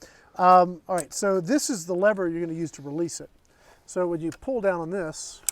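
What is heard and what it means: Someone talks while handling the underlever cocking arm of an Air Arms TX200 .22 spring air rifle, pointing out the release lever for its anti-beartrap catch and beginning to pull down on the arm. Only speech is heard; the cocking arm has not yet locked into the anti-beartrap catch, and nothing has seated or clicked.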